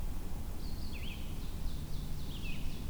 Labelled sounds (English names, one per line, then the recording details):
Ovenbird song
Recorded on 22 June 2016 at 08:20
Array SBT-6-76